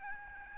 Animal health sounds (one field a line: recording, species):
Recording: mosquito wingbeat signal from an infrared sensor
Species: Aedes albopictus